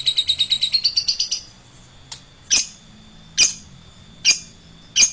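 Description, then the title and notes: Lovebird calls, a rapid run of quick high chirps, then several separate shrill squeaks spaced about a second apart. Adult fighter lovebird. "LOVEBIRD FIGTER. Lovebird Dewasa"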